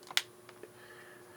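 A battery pack is put back onto a Yaesu FT5DR handheld radio, giving one sharp click at 0.2 s, with fainter ticks around 0.1 s and 0.5 s. The battery is not fully latched despite the single click, since it can still be pulled off the radio.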